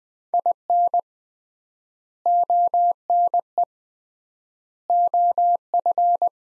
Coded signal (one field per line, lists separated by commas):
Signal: Morse code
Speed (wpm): 20 wpm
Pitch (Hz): 700 Hz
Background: none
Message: IN ONE OF